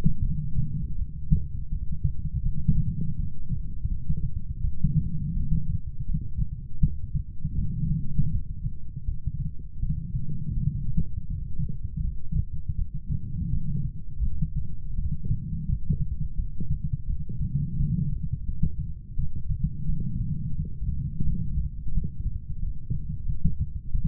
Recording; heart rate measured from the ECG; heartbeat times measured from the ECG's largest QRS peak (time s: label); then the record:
heart sounds by stethoscope; 84 bpm
0.21 s: heartbeat
0.95 s: heartbeat
1.68 s: heartbeat
2.42 s: heartbeat
3.15 s: heartbeat
3.88 s: heartbeat
4.60 s: heartbeat
5.33 s: heartbeat
6.05 s: heartbeat
6.80 s: heartbeat
7.55 s: heartbeat
8.30 s: heartbeat
9.05 s: heartbeat
9.79 s: heartbeat
10.54 s: heartbeat
11.27 s: heartbeat
12.01 s: heartbeat
12.75 s: heartbeat
13.50 s: heartbeat
14.22 s: heartbeat
14.95 s: heartbeat
15.66 s: heartbeat
16.36 s: heartbeat
17.06 s: heartbeat
17.76 s: heartbeat
18.45 s: heartbeat
19.15 s: heartbeat
19.85 s: heartbeat
20.55 s: heartbeat
21.24 s: heartbeat
21.92 s: heartbeat
22.59 s: heartbeat
23.26 s: heartbeat
23.91 s: heartbeat
From the record:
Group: healthy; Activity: light exercise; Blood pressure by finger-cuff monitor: 107/74 mmHg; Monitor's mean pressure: 84 mmHg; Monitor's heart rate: 81 bpm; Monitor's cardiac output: 6.1 L/min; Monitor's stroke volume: 74 mL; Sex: female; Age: 32 years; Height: 172 cm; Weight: 71.7 kg